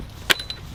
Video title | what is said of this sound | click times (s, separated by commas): Audacious Veg | click into place | 0.3 s